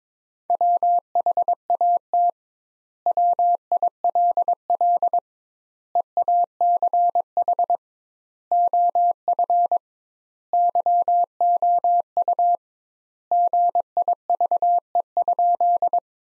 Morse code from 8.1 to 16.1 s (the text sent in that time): OF YOU GIVE?